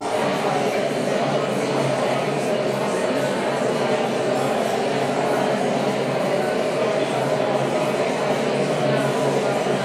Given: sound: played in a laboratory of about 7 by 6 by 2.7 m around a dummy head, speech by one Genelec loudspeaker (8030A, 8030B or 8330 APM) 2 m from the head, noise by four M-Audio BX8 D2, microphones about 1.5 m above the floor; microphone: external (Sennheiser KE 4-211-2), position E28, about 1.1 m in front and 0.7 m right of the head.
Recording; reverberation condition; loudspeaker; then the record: babble noise; high; four, about 170 cm from the corners of the room and facing them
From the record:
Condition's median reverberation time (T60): about 1300 ms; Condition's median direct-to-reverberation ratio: about -4.0 dB